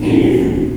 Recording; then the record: squeal of a Yucatan mini pig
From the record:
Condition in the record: before surgery on the right vocal fold (resection and tissue-engineered implant); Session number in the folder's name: 1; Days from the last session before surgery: -3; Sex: male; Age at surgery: 12 weeks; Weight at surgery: 13 kg